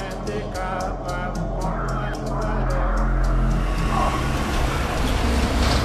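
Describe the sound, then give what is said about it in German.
A car rumbles over a potholed gravel road in the middle of Haiti's capital, its low, steady engine drone joined by a series of sharp rattling jolts in the first few seconds, then a rougher continuous roll. “Ein Auto rumpelt über die löchrige Schotterstraße.”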